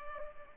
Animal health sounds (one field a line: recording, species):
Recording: mosquito wingbeat signal from an infrared sensor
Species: Culex pipiens